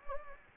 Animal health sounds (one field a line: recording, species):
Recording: mosquito wingbeat signal from an infrared sensor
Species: Anopheles gambiae